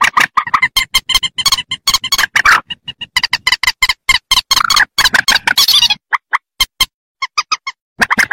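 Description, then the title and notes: Rail producing a dense, harsh chattering of rapid nasal notes that break off into slower spaced clucks before another rough burst at the close. "Kicau Burung Mandar"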